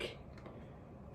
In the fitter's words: and then another click so here we had two that needed to be clicked back